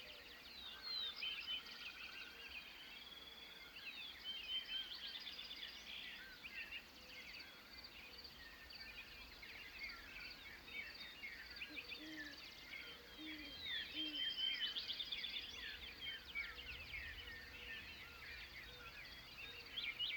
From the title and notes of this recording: Dawn on an American Prairie. Conscious of surrounding ripples, the warm meadowlark song drifts in the air. Awake and listening to spring birds, a meadowlark, a dove, the northern Montana prairie evokes timeless wonder. Field Recording by Nick McMahan in Montana, USA.